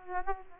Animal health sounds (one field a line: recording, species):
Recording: mosquito wingbeat signal from an infrared sensor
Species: Aedes aegypti